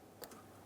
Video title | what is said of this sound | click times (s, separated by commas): How to Replace Horn 2003-2011 Mercury Grand Marquis | we'll press this in listen for a click | 0.2 s